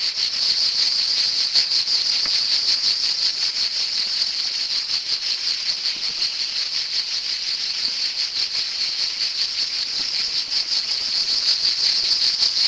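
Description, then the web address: Cicada droning in a continuous high buzz, pulsing quickly without pause from start to finish. "son cigales"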